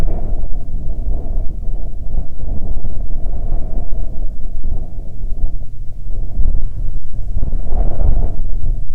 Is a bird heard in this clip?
no